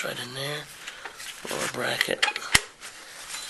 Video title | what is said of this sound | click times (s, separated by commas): How to Replace the Motor Coupler on a Whirlpool Washing Machine | snaps right there. | 2.6 s